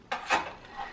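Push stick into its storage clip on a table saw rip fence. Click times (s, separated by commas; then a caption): 0.1 s. A built-in plastic push stick is pressed back into its holder on the side of a DeWalt DWE7485 table saw's rip fence. It snaps into place with a sharp click at 0.1 s, followed by a brief scraping rattle. The push stick is seated.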